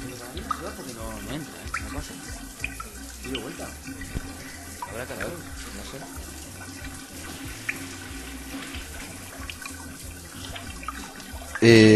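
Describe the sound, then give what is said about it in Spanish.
A toilet is flushed because the waste will not go down, with a steady rush of gurgling, hissing water that runs for several seconds, ending in a sudden louder burst. “Espera que tengo que tirar porque no se va, No se va.”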